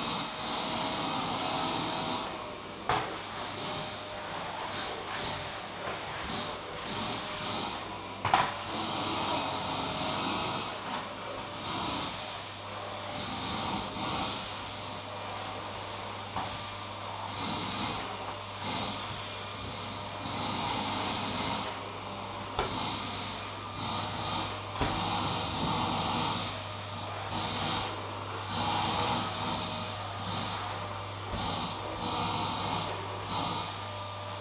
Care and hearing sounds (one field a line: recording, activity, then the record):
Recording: daily activity, microphone in the room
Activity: vacuum cleaning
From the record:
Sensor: 1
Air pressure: 1009.6 hPa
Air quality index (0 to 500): 194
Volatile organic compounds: 19 ppm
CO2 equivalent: 2653 ppm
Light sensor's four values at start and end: 31/79/33/40 and 28/73/30/36